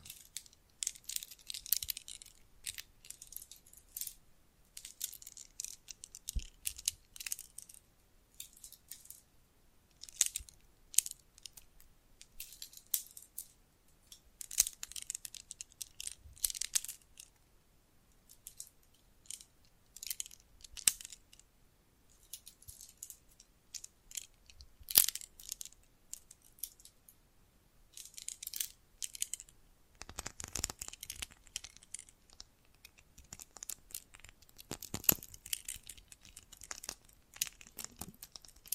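Bracelets and jewelry boxes being handled, with bright metallic clinks and jingles arriving in dense, irregular bursts throughout. Sharper knocks stand out around 6, 10, 25 and 35 seconds, with busier rattling near 30 seconds and brief quiet gaps between handlings.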